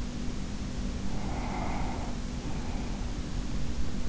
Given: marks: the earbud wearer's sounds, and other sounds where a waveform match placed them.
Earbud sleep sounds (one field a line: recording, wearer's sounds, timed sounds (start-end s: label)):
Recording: sounds in sleep by an in-ear microphone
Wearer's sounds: breath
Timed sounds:
0.45-3.42 s: breath